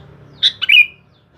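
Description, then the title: Sooty-headed bulbul singing one brief phrase of two chirps and a slurred, falling whistle, with a soft low drone beneath. "Kutilang"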